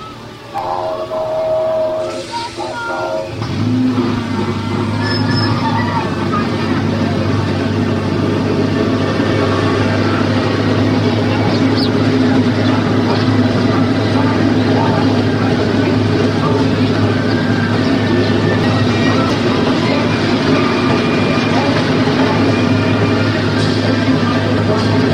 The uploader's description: a trip to Disneyland